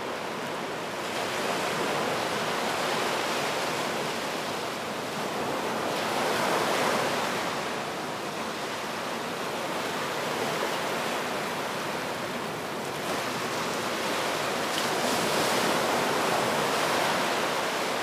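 Ocean surf rolls in a continuous, dense wash with no quiet gaps. The hiss swells and eases slowly, with brighter surges around seven and fifteen seconds, as waves break. There is little low rumble, and no other sounds stand out.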